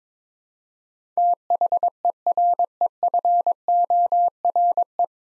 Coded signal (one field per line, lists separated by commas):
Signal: Morse code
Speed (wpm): 22 wpm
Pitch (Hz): 700 Hz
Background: none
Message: THEREFORE